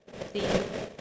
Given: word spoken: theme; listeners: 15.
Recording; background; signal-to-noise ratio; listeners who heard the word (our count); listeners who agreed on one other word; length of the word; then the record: one English word in noise, from a listening test; noise modulated by three-talker babble; -5.6 dB; 4 of 15; 8 of 15; 0.61 s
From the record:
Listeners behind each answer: 8, 4, 1, 1, 1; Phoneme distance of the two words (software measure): 10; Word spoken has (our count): 1 syllable, 3 phonemes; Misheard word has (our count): 1 syllable, 3 phonemes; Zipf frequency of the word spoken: 4.50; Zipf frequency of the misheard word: 3.91